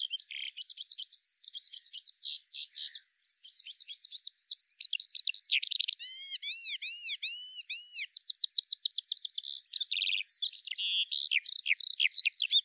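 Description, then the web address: Bird song, a long fast medley of high chirps and trills broken by a series of looping arched whistles; no other sounds heard. "Deverinetal 2025 File cleaned normalized Bird Al Ar"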